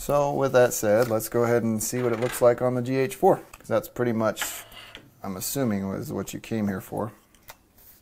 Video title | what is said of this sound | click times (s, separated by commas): Sigma 19mm F2.8 DN Art Lens - Unboxing and First Impressions | Locks into place. | 7.3 s, 7.5 s